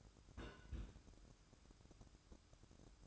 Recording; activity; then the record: daily activity, microphone in the room; place on stove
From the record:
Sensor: 2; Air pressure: 1007.8 hPa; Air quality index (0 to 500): 108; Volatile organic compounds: 1 ppm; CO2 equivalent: 807 ppm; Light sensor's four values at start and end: 7/16/6/6 and 7/16/6/6